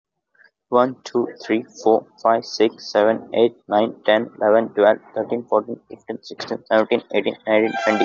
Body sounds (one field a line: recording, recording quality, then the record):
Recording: counting at a fast pace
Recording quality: excellent, no background noise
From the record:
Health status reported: COVID-19 positive, mild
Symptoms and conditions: sore throat, loss of smell and taste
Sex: male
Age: 24 years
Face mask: not worn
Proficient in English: yes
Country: India